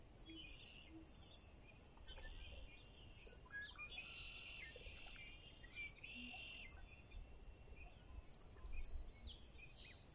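A spring dawn at Conner's Lake, with many birds calling and singing over a steady low rumble. Bright chirps, trills and short whistles overlap almost continuously, thickest between about four and seven seconds. Now and then a lower call sounds beneath them.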